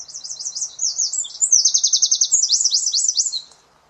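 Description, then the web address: Bird giving fast, high-pitched chirping trills, a string of quick slurred notes lasting about three and a half seconds, then quiet. "cianscape birddata Deverinetal 2025"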